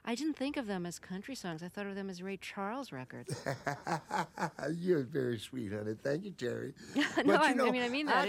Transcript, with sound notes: I didn't think of them as country songs; I thought of them as Ray Charles records.
(Soundbite of laughter) You're very sweet, honey. Thank you, Terry.
No, I mean that.